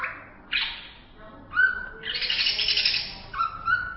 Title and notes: Kicau Burung Cucak Ijo Juara. Suara kicauan burung cucak ijo